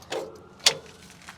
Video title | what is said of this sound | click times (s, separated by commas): Vermeer BC700xl chipper, everything keeps breaking | once it's dropped down, it's completely locked in place. | 0.7 s